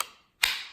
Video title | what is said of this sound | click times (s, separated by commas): Bradford Guardian 3 Wharncliffe “Wharnie” Version Review | can really hear the click and it's solid and there's no no jiggling around now | 0.4 s